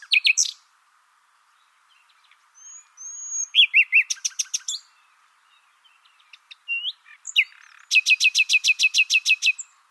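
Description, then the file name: Common nightingale song: loud separated phrases mixing sharp high notes, pure rising whistles and fast repeated rattling notes, with short pauses between phrases. "Luscinia megarhynchos"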